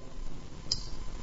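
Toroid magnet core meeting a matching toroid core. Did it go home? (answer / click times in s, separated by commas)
yes / 0.7 s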